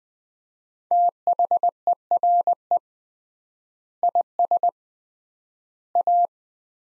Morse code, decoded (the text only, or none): THERE IS A